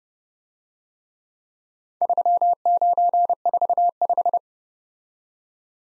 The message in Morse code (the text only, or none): 3945